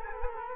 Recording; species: mosquito wingbeat signal from an infrared sensor; Culex quinquefasciatus